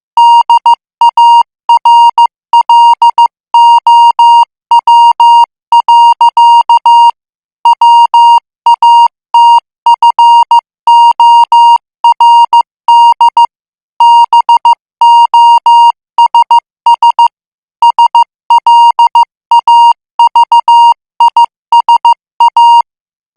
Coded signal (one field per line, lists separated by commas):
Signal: Morse code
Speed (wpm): 15 wpm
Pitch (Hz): 940 Hz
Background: music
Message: DARLOW. WATFORD BOSS SLAVISA